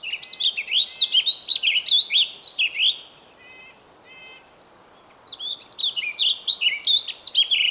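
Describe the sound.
Bird song: two energetic phrases of fast, swooping notes, with faint short repeated ticks in the quiet gap between them.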